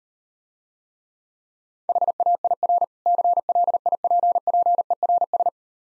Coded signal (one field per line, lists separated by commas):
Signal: Morse code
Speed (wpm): 38 wpm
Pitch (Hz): 700 Hz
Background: none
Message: HAIR CLIPPERS